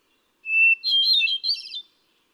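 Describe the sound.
Hermit thrush gives one song phrase: a sustained pure whistle, then a rapid, echoing cascade of higher flute-like notes that fades out.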